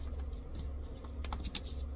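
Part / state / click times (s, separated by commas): cap on a copier waste toner container / seated / 1.6 s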